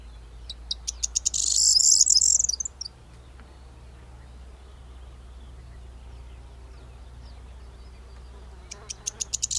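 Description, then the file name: Corn bunting song: quick accelerating ticks break into a high, jingling rattle, then quiet with low hum before the next ticking starts at the end. "Kornsparv"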